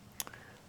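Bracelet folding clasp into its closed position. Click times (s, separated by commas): 0.2 s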